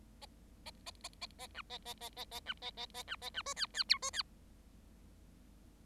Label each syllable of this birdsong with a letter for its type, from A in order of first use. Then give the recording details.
A A A A A B A A A A A B A A A B A B C D D E C D. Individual Bird7